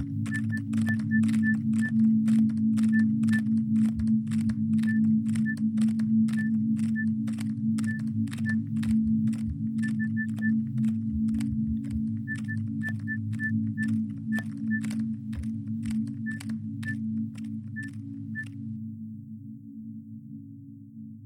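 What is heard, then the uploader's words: Laptop keys are tapped in a quick, fairly even stream of light, crisp clicks, each with a faint thin ring, until about eighteen seconds in, when the typing stops. A steady low hum sits underneath the whole time and fades slightly toward the end. Keyboard Collage (disquiet0483). All the sounds in this track originate from recordings of a laptop keyboard made with the aid of Pure Data. Audacity was used for subsequent mixing & editing.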